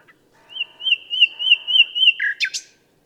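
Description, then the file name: Common nightingale holding a steady, gently wavering whistle over soft low tones, ending with a sudden sharp flourish. "Luscinia megarhynchos"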